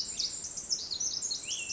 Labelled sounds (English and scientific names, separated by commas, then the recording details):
Pacific Wren (Troglodytes pacificus)
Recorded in Sonoma County, California